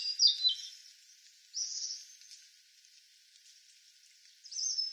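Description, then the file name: European robin uttering a quick high tumbling phrase, then a thin whistled note after a pause, and another thin note near the end. "Erithacus rubecula"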